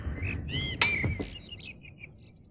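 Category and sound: bird, blackbirds singing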